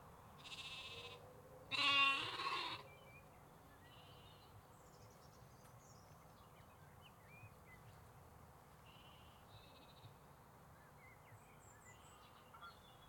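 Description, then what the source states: Sheep bleats: a faint bleat, then a louder one within the first three seconds, followed by quiet ambience. Sheep and lambs, recorded in UK canals, parks and forests.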